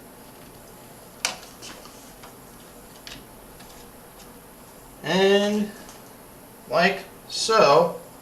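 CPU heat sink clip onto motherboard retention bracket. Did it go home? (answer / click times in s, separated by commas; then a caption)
no / none. A CPU heat sink retention clip is handled on a motherboard retention bracket. A few light ticks and taps are heard, including a sharp one near 1.3 s, and someone talks. Nothing has seated or clicked yet.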